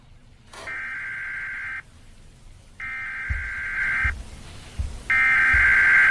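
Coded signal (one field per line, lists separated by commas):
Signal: Emergency Alert System (SAME) tones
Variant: header bursts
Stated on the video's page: Emergency alert tones occur in a horror game.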